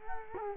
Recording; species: mosquito wingbeat signal from an infrared sensor; Culex quinquefasciatus